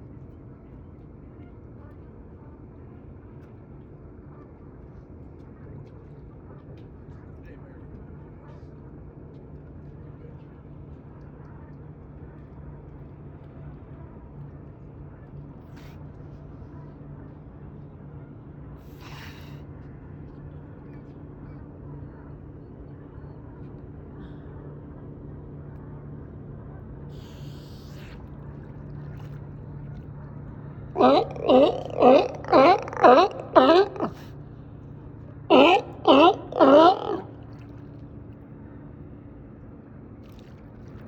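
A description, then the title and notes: Sea lions swim toward us over a steady low engine-like hum that fills most of the recording, with a few faint clicks around 19 and 28 seconds. Near 31 seconds come two bursts of rapid, loud barking calls, the second near 36 seconds. Sea lions incoming. A pair of sea lions swims toward us.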